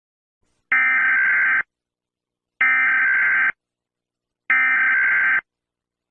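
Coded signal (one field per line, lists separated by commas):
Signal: Emergency Alert System (SAME) tones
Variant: header bursts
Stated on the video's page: Made-up alert scenario, not a real broadcast.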